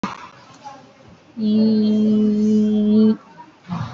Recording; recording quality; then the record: sustained vowel as in beet; excellent, no background noise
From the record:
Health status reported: respiratory illness, not identified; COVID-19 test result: negative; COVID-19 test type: RT-PCR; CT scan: taken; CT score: 0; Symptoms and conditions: breathing difficulty, asthma, another condition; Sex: female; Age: 41 years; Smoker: no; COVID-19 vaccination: none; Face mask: worn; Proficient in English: no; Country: India